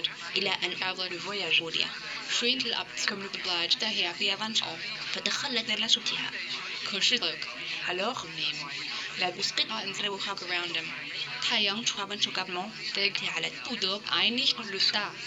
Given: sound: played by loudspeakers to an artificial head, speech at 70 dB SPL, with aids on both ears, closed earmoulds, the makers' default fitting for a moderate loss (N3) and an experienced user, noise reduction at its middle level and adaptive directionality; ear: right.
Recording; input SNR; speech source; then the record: speech test signal (ISTS) in cocktail-party noise; +6 dB; on the right (90 degrees)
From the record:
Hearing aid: class 1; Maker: A